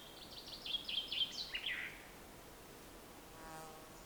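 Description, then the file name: Common chaffinch song, a softer descending trill with a flourish, followed by a brief buzzing insect-like sound. "Fringilla coelebs"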